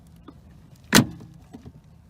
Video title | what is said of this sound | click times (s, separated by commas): Mercedes C250 Brake Light & Tail Light Bulb Replacement DIY in minutes!!!! Very Easy | go in where the bulbs go in and you push it in you're gonna hear click | 1.0 s